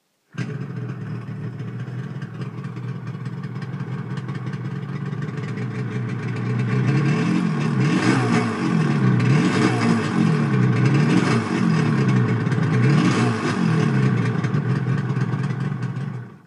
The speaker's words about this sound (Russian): Стоящий перед Рейнером грузовик затарахтел, и из трубы вырвалось черное облако дыма.